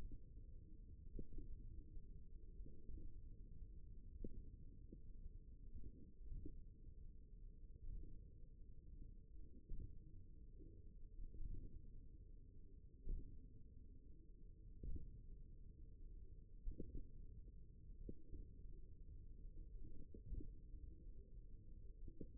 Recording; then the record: forearm muscle sounds (acoustic myography)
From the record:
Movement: index flexion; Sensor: system 1, eight BSWA MPA416 microphones around the upper forearm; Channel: 3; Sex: male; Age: 54 years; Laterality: right